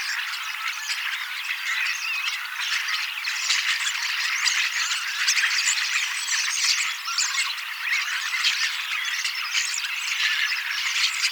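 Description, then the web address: Common starling song, a dense steady chatter of rattles, squeaks and clicks from several birds, continuous throughout with no pauses. Young starlings singing and practising song, mimicking several other species a little; 18 October 2024. "paivat 18 10 2024 kasittaakseni kottaraisnuoret laulavat lauluharjoittelevat useita lajeja matkivat hiukan"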